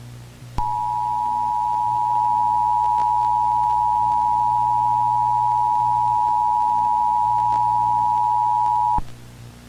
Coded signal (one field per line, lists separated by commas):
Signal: Emergency Alert System (SAME) tones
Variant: 853 and 960 Hz attention tone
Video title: NUCLEAR APOCALYPSE (nuclear war eas scenario recreated)